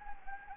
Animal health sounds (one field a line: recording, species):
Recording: mosquito wingbeat signal from an infrared sensor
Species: Anopheles gambiae